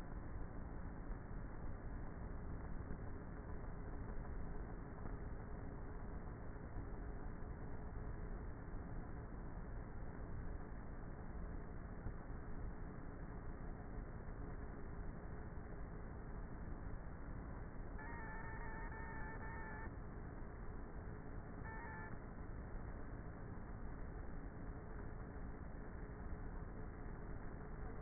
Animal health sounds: honeybee colony, microphone inside the hive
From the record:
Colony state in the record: queenless with a low population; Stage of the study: before two queens were removed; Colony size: about 30,000 bees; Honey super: no

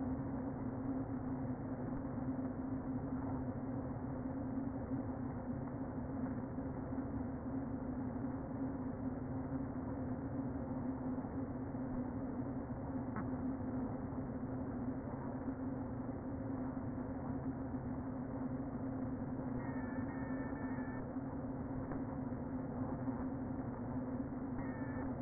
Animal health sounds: honeybee colony, microphone inside the hive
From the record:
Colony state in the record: queen present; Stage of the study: before two queens were removed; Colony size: about 60,000 bees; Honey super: yes

